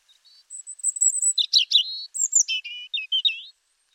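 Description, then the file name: European robin song: a thin, very high whistled opening, then a fast jumble of sweet trills and liquid notes, about three and a half seconds long, no other sounds. "Erithacus rubecula"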